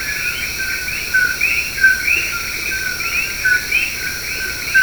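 Common coqui frogs calling in a dense chorus, overlapping short notes that rise in pitch, over a steady high insect-like whine.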